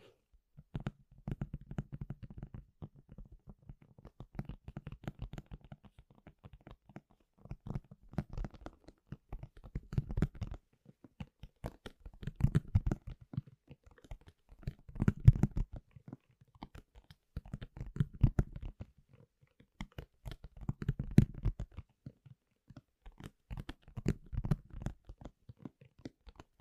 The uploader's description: simple things but big sounds that I find around the house